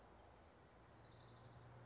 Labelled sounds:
Orange-crowned Warbler
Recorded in Sonoma County, California

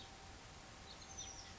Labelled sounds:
House Finch
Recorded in Sonoma County, California

